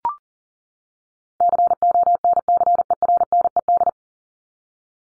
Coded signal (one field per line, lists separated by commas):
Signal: Morse code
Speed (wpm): 40 wpm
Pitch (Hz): 700 Hz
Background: none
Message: CONCERNED